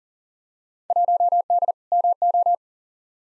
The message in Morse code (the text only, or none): 1D MO